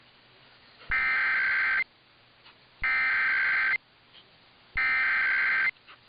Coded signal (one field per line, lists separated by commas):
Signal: Emergency Alert System (SAME) tones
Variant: header bursts